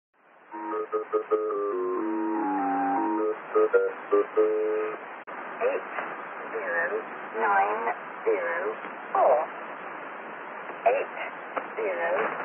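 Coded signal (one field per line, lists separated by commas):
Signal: numbers station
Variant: Lincolnshire Poacher, English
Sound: electronic folk-tune melody in steady tones, then a voice speaking over radio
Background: radio static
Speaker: If we look at something like the Lincolnshire Poacher, an English number station, we can clearly hear the difference.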